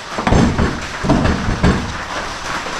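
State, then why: Not seated. A carbon fiber car door is closed after its latch is opened. It gives a thud at 0.3 s and more thumps near 1.1 s and 1.6 s. The latch does not catch on its striker, so nothing has seated or clicked yet.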